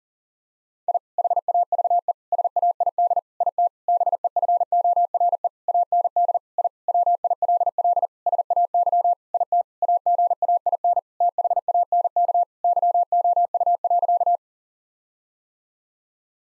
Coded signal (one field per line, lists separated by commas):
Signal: Morse code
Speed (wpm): 37 wpm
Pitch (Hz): 700 Hz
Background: none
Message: I HAVE SAID IT BEFORE AND I WILL SAY IT AGAIN THANK YOU.